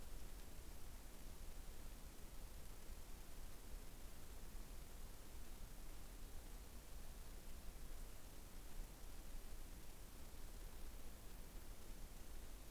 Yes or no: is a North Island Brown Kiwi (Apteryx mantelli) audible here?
no